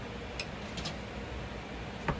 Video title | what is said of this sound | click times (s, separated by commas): finally another gaming PC budget build | for the ssd i'm going to plug it in and it just clicks in | 0.4 s, 2.1 s